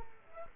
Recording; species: mosquito wingbeat signal from an infrared sensor; Culex quinquefasciatus